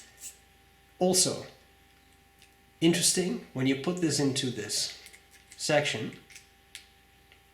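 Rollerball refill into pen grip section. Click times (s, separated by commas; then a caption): 6.8 s. Someone talks while pushing a Schmidt rollerball refill into the grip section of a Laban 325 rollerball pen. A short, sharp click at 6.8 s marks the refill snapping into place, seated so it won't easily come out unless yanked.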